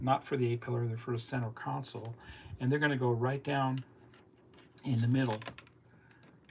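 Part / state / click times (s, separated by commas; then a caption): plastic gauge part into scale model center console / seated / 6.5 s. Someone talks while a plastic gauge cluster from an Agora LaFerrari scale model car kit is pressed down into the middle of the center console. After a quieter stretch, a small, sharp tick at 6.5 s marks the part snapping into place.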